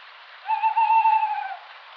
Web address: strix aluco call